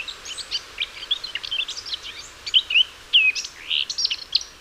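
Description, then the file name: Eurasian blackcap warbling, a jumble of scratchy notes mixed with a few clear whistles, over a steady background hiss. "Sylvia atricapilla"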